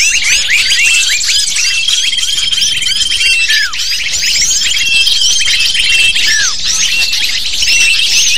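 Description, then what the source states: Lovebirds squeak and chirp rapidly in a continuous crowded chorus, occasional longer falling notes cutting through the high-pitched chatter. Lure sound used to attract lovebirds.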